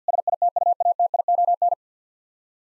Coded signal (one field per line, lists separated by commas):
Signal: Morse code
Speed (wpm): 50 wpm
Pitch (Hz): 700 Hz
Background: none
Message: SITUATION